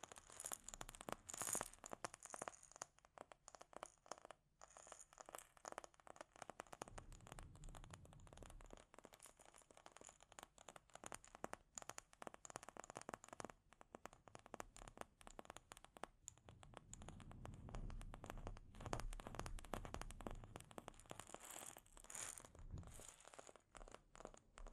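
Delicate scratching and tapping on a microphone, a dense run of fine, crisp scrapes and quick ticks with no pause. Twice, around seven to nine seconds and again near seventeen to twenty, a soft low rubbing swells beneath the bright scratches.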